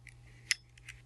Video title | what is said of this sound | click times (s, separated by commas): How to use a Flexhaler Device | You're going to twist it one direction till it clicks, and back, and now that has loaded the medication. | 0.5 s